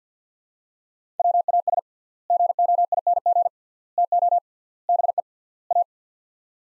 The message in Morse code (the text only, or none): WAS GOING TO BE A